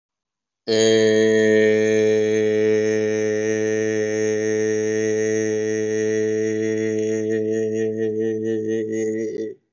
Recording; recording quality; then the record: sustained vowel as in made; excellent, no background noise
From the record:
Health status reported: COVID-19 positive, mild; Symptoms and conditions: cough, cold, fever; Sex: male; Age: 24 years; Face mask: not worn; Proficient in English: no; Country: India